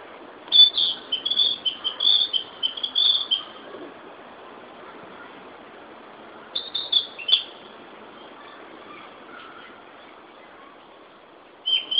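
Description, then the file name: Narcissus flycatcher song, a long string of high whistled and chirping notes, a pause of several seconds, then a shorter phrase and the start of another. "Ficedula narcissina"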